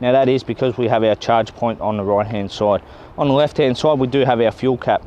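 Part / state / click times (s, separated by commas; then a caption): fuel filler flap in car body panel / not seated / none. A man talks throughout while handling the large fuel filler flap in the body panel of a 2015 Mitsubishi Outlander PHEV Aspire ZJ Auto 4x4, which also has a charge-point flap on the other side. No click or impact is heard, and the flap has not yet clicked shut by the end.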